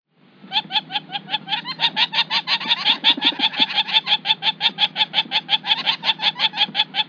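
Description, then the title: Wattled jacana calling, a long fast chatter of harsh repeated notes, steady and unbroken for about seven seconds, over a low background hum. "LuckyPassaro Completos2Sama. Wattled Jacana"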